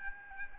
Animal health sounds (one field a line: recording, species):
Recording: mosquito wingbeat signal from an infrared sensor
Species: Aedes albopictus